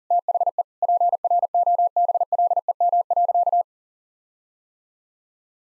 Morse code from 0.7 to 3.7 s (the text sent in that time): PROBLEM.